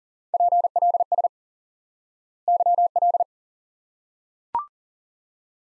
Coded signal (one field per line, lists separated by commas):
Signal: Morse code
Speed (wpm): 38 wpm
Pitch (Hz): 700 Hz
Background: none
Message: PLS YL